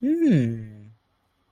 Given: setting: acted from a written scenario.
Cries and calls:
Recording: vocal sound without words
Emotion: interest

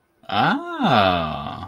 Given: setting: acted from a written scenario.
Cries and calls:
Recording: vocal sound without words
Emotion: interest

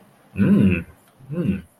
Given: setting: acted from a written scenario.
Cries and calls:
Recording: vocal sound without words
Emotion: desire

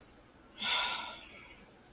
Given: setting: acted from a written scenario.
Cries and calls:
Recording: vocal sound without words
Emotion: sadness

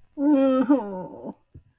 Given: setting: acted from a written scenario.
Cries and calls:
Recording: vocal sound without words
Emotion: sadness

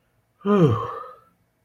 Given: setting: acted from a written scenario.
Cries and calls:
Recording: vocal sound without words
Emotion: relief

